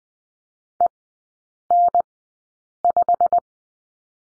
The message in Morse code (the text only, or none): EN5